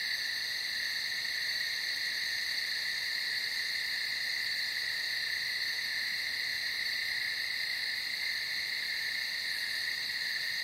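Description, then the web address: Cicadas give a continuous, piercing buzz that stays level and unchanging for the whole stretch. Cicadas heard in nature at night. "som da natureza noturna com cigarras"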